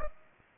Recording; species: mosquito wingbeat signal from an infrared sensor; Culex pipiens